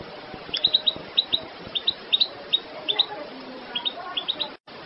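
Goldfinch twittering, paired and tripled bright chirps spaced throughout, with a brief dropout near the end.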